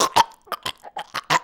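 An adult man gives a rapid run of about seven or eight short, harsh cough bursts in under a second and a half, with a strained, retching edge to some of them. A coughing fit with gagging.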